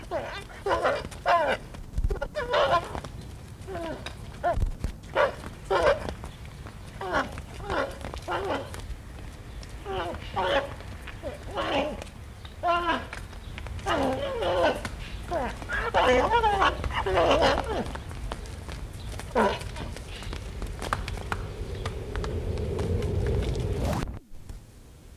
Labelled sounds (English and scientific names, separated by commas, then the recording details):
Père David's Deer (Elaphurus davidianus) rut call
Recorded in captivity
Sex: male
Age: adult
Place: Zoo Halle, Sachsen-Anhalt, DE
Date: 1978-07-12 13:03
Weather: sunny, 26°C
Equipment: Uher CR 210, Sennheiser MD 421, Kopie Uher 4200
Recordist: Tembrock, Günter